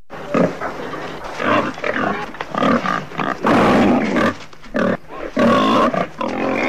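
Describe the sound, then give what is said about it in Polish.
Wild boars grunt and squeal in rough, overlapping bursts, a loud, raspy chorus of snorts and growls that rises and falls continuously with short pauses between outbursts. “Jak tłumaczą ministrowie, dziki wyrządzają rolnikom wiele szkód, w dodatku przenoszą wirusa ASF, czyli afrykańskiego pomoru świń.”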